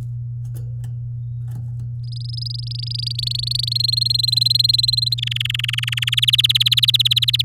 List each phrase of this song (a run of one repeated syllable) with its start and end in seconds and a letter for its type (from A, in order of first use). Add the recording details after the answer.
2.04-3.73 A, 3.75-5.14 B, 5.18-6.10 C, 6.12-7.42 D. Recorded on 9 May 2018 at 10:42. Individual llb16